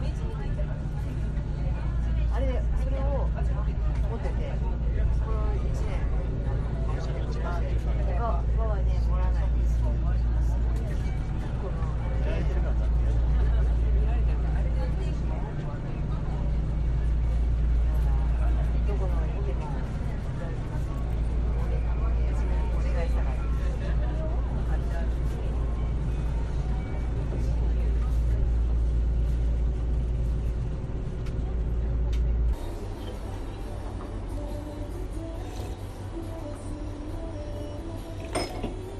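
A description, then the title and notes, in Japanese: Inside a small local train on the run from Enoshima toward Gokurakuji, a steady low rumble fills the car while voices talk through most of the ride. Around thirty-two seconds the heavy rumble drops away abruptly, leaving a quieter, thinner hum. 江ノ電：江ノ島駅→極楽寺駅。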